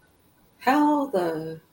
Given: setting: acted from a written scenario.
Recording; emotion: vocal sound without words; confusion